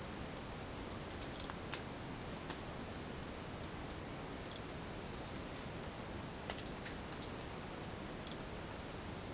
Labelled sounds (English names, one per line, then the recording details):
none
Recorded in secondary vegetation near Puerto Asís, Putumayo, Colombia, on 30 June 2025 at 18:00
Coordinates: 0.500, -76.326
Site GP08